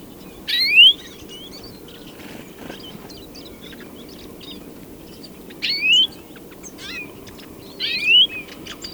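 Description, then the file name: European greenfinch giving three brief rising whistled upslurs with a rough onset, separated by long pauses, with a soft steady rumble underneath. "Chloris chloris"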